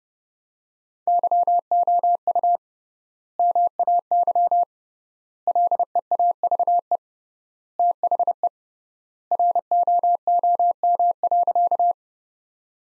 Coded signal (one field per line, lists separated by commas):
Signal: Morse code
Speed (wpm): 30 wpm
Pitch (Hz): 700 Hz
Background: none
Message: YOU MAY LEAVE THE ROOM.